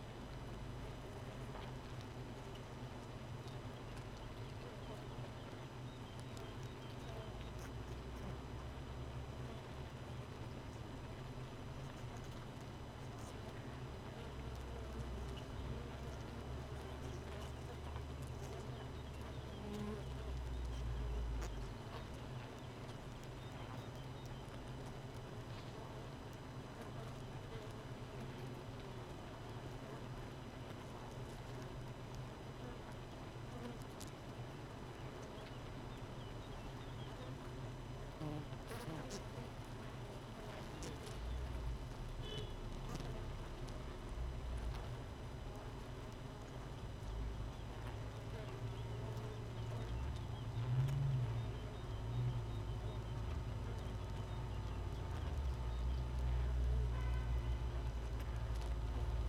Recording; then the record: honeybee colony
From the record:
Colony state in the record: missing queen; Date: 31 May 2018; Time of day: 4:23